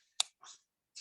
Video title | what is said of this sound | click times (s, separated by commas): Maintenance Considerations For Aircraft Idled By Winter Storage | and you notice when I did that, I still got a click | 0.2 s